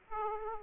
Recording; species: mosquito wingbeat signal from an infrared sensor; Aedes aegypti